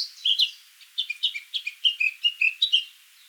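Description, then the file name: Eurasian blackcap song: a brief scratchy start, then a quick run of clear, slightly varied notes. "Sylvia atricapilla"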